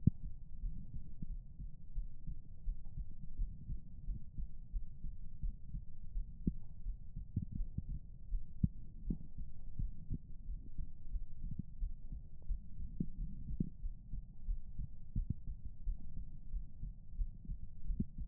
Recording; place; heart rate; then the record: heart sounds by stethoscope; pulmonary valve (PV); 89 bpm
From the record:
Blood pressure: 103/62 mmHg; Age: 21 years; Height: 149 cm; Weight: 50 kg